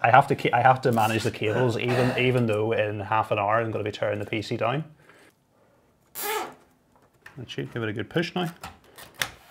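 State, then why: Seated. Someone talks while giving a plastic latching connector, possibly a power cable or memory module, a firm push into its socket on a PC motherboard. A single sharp click sounds at 9.2 s as the latch clicks home, and the connector is seated with its clip closed.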